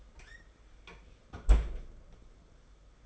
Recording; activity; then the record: daily activity, microphone in the room; close fridge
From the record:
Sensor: 5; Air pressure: 991.2 hPa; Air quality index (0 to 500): 115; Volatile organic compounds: 32 ppm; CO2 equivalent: 3008 ppm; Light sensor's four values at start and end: 34/106/41/43 and 33/105/40/42